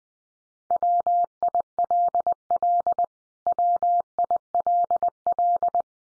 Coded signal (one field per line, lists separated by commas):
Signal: Morse code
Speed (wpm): 20 wpm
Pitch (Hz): 700 Hz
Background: none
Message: WILL WILL